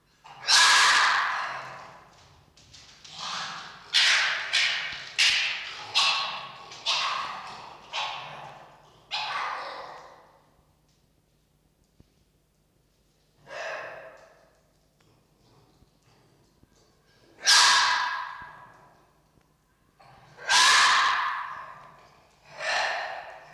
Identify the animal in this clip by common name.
Red Fox